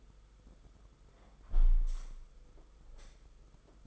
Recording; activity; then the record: daily activity, microphone in the room; close window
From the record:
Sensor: 5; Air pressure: 991.4 hPa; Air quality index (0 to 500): 109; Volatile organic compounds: 25 ppm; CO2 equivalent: 2839 ppm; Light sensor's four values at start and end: 39/126/48/51 and 39/126/48/51